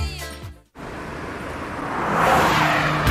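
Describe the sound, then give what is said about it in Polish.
A car, a new Honda HR-V with a 1.5 Turbo engine, drives hard: a short, high squealing whine breaks off abruptly, then a broad rushing roar of engine and tires swells steadily louder, with no voices. “Nowa Honda HR-V. Teraz z nowym silnikiem 1.5 Turbo.”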